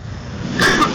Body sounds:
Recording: coughing mixed with background sound

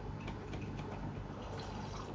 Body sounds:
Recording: background sound without coughing

